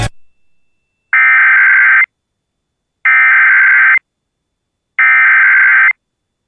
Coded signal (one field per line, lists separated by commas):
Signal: Emergency Alert System (SAME) tones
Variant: header bursts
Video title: [EAS] [Non-Local] Tornado EMERGENCY For City of Knox Indiana (3/10/2026)